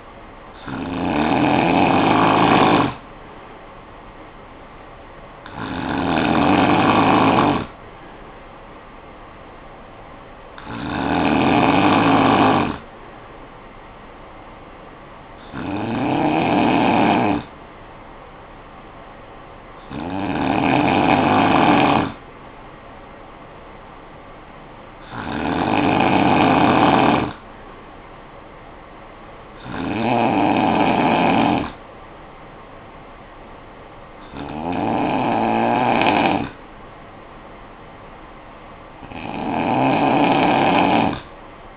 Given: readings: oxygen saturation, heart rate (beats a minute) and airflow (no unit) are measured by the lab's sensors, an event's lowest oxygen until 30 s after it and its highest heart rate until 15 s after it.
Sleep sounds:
breathing in sleep by a voice recorder at the bedside; none
none scored
From the record:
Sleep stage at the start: N2 (light sleep); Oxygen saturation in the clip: 92 to 95%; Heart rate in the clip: 51 to 59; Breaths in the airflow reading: 9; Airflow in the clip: -9.4 to 4.9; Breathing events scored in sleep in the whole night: 445 in 7.6 hours asleep

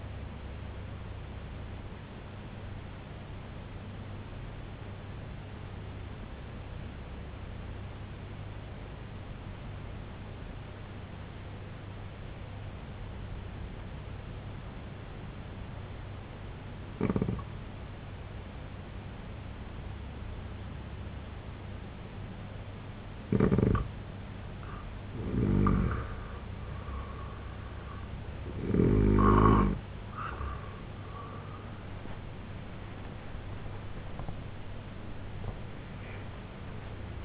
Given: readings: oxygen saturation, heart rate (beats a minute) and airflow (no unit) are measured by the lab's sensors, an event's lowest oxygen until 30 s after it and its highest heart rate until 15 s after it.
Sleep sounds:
breathing in sleep by a voice recorder at the bedside; 1
5.00-24.90 s: obstructive apnea (N2, oxygen 94% highest, then 83% lowest, heart rate 70 at the start, 97 highest)
26.00-37.25 s: new sleep stage, N1 (lightest sleep)
From the record:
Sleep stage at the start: N2 (light sleep); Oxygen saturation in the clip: 86 to 95%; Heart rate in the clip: 68 to 94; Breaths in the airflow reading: 3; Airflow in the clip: -9.0 to 11.2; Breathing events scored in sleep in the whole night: 258 in 7.4 hours asleep

